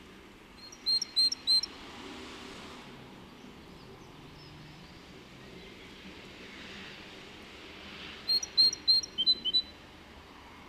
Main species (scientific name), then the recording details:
Parus major. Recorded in the wild. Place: Kaiserslautern, Rheinland-Pfalz, DE. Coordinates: 49.4247, 7.77889. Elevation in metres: 279. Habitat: garden. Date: 1977-04-13. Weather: Wind, Regen. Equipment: Nagra IV, Sennheiser MKH 405, Parabolreflektor. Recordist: Tretzel, Erwin. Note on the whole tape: Im Garten bei Frentzel, Aufnahme durch offenes Wohnzimmerfenster, Kaiserslautern: Lockrufe